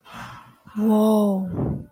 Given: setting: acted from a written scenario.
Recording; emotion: vocal sound without words; awe